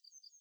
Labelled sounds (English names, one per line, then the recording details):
Yellowhammer song
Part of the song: start
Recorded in the Czech Republic on 21 June 2013
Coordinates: 49.188, 17.905
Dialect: BC
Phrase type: B36
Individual 310480